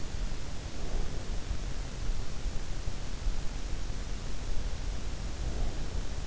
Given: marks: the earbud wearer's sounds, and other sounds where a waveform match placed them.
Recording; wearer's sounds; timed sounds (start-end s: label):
sounds in sleep by an in-ear microphone; breath
0.66-1.69 s: breath
5.29-6.27 s: breath